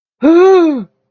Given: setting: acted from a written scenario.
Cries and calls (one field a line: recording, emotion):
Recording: vocal sound without words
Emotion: negative surprise